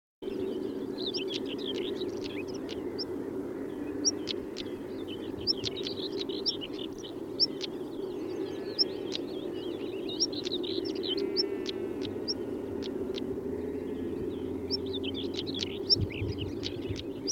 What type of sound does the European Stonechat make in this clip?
alarm call